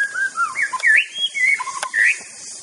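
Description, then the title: White-rumped shama song, a rich varied phrase of clear looping whistles rising and falling, with a couple of sharp clicks, over constant high hiss. Wild bird in forest; natural, unaltered song. "Kicau Asli Murai Batu Hutan"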